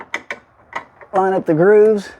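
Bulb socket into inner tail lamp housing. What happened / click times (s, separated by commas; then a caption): Handled, not yet seated: small plastic socket being lined up, no twist-lock yet / none. On a 2007–2012 Hyundai Santa Fe, a bulb socket is being handled at the slot of the inner tail lamp housing, with its grooves being lined up for a clockwise twist-lock. A few short plastic handling taps are heard early on, followed by someone talking. The clip ends before the socket is twisted home, so nothing has seated or clicked yet.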